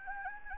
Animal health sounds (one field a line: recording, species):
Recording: mosquito wingbeat signal from an infrared sensor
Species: Anopheles gambiae